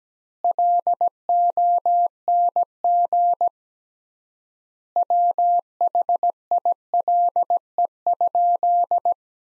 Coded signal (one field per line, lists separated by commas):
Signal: Morse code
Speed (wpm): 17 wpm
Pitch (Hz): 700 Hz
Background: none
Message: LONG WHILE?